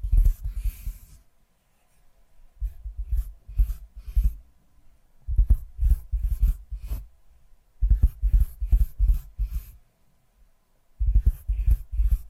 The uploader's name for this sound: ASMR Tapping Through Your Brain